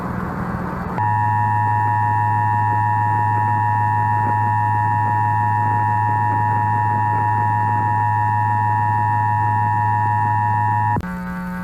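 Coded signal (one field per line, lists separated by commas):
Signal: Emergency Alert System (SAME) tones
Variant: 853 and 960 Hz attention tone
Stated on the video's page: Simulated what-if EAS activation scenario set during the September 11 attacks.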